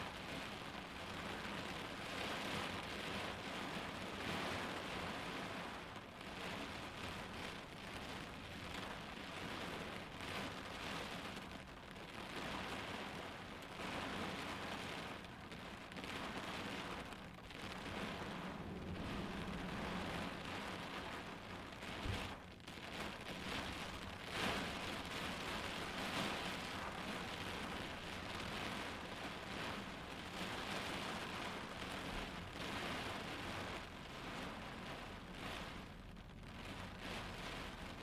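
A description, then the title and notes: A storm heard from inside a car: dense, steady rain drums on the surfaces, a constant wash of hissing patter across the whole clip. Brief dips and bursts come and go, with a sharper knock near the 22-second mark and a low rumble underneath. Storm In Car.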